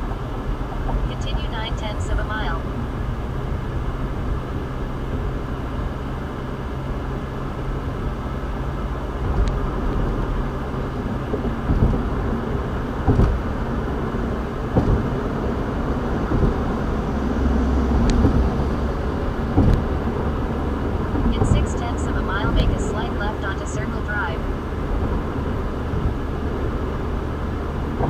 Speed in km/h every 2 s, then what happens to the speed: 79, 81, 82, 82, 82, 82, 82, 84, 87, 90, 92, 92, 92, 92.
0-28 speeds up to 92.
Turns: none.